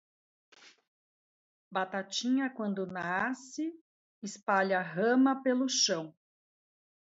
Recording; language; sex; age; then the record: short text; Brazilian Portuguese; female; 50 to 59 years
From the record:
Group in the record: control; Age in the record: 51 years